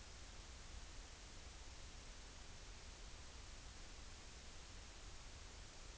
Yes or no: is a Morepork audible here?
no